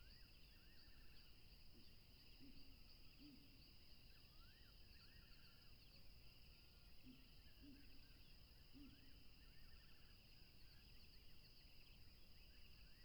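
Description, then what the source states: Unbroken high cricket trills fill the recording while rising looping chirps recur and several low notes sound around two to three and seven to nine seconds. Crickets recorded along a tropical river.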